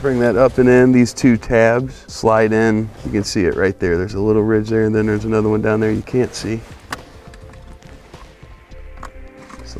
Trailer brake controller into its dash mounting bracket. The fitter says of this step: give it a good push from the backside there we go you'll hear two click in there that's perfect